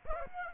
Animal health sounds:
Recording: mosquito wingbeat signal from an infrared sensor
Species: Aedes aegypti

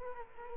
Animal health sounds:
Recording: mosquito wingbeat signal from an infrared sensor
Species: Culex quinquefasciatus

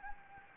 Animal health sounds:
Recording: mosquito wingbeat signal from an infrared sensor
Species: Anopheles gambiae

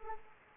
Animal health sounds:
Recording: mosquito wingbeat signal from an infrared sensor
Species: Anopheles arabiensis

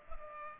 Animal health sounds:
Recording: mosquito wingbeat signal from an infrared sensor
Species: Culex pipiens

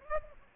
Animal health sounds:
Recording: mosquito wingbeat signal from an infrared sensor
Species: Aedes aegypti

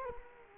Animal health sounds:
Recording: mosquito wingbeat signal from an infrared sensor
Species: Culex quinquefasciatus

